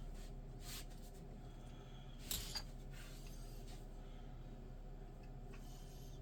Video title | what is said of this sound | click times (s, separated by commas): Try to fix my used Ender 3 V2 off market place | it's clicking on there but it just ain't clicking into place the holes | 2.3 s